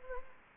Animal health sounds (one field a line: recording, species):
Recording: mosquito wingbeat signal from an infrared sensor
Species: Anopheles gambiae